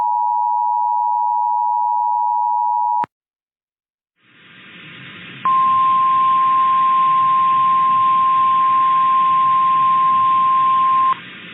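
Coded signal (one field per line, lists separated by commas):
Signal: Emergency Alert System (SAME) tones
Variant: 853 and 960 Hz attention tone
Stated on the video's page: Fictional EAS scenario.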